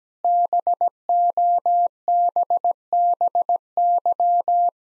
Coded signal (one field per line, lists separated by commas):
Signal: Morse code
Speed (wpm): 17 wpm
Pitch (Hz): 700 Hz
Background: none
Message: BOBBY